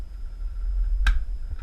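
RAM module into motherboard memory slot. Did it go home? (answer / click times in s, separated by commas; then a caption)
yes / 1.1 s. A RAM module is pressed down evenly into a motherboard memory slot until its retaining clips snap shut. A sharp, bright snap sounds at 1.1 s, followed by a much fainter, softer sound around 1.6 s over a quiet background. The module is seated in place.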